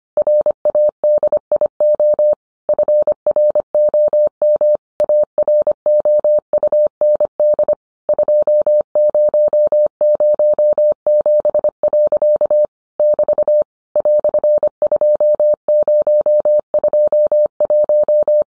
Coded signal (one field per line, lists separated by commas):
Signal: Morse code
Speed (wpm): 25 wpm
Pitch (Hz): 600 Hz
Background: none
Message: RADIO FROM AROUND 2007. <BT> "2021